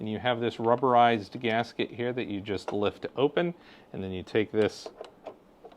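Someone talks while lifting open the rubberized gasket over the power socket on a Mammotion Yuka robotic mower and bringing the bagger's power cable plug toward it, with faint handling ticks near the end. Nothing has seated or clicked yet; the plug has not been clipped down and locked.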